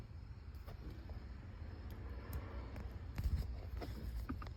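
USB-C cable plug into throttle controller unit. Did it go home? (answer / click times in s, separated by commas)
no / none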